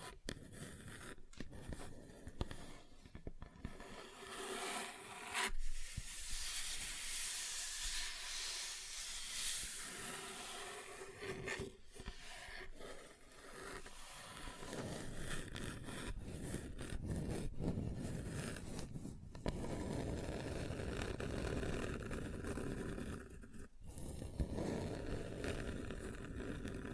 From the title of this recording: Table Tapping Different Surfaces